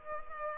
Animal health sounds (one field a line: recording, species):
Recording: mosquito wingbeat signal from an infrared sensor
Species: Culex pipiens